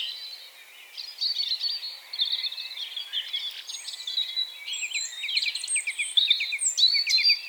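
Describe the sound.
Bird song, softer at first, then clearer: rapid chirp series, downward-slurred notes and high whistles from several birds overlapping.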